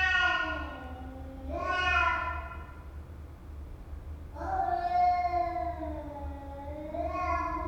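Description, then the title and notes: Cat meows, a few long plaintive wails that rise and bend, over a low hum. Two cats recorded in the stairwell of a house in Istanbul, Turkey, in the morning; haunting plaintive meowing as a lament to avoid coming to a fight. "Istambul, Istanbul, Turquie - Cats in the stairwell - Chats dans l'escalier. Istanbul est une ville de chats, ce matin j'en ai enregistré deux dans la cage d'escalier de la maison. C'est lancinant, la complainte pour ne pas aller jusqu'à l'affrontement"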